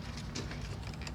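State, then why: Seated. A taillight wiring harness connector is pushed into the taillight socket on a 2012-2017 Hyundai Veloster before the light is mounted, as part of reinstalling the rear bumper cover. Over a steady low rumble, small knocks and ticks of handling come at about 0.4, 0.9 and 1.0 s, then a short sharp click at 1.1 s. The connector is seated and confirmed connected.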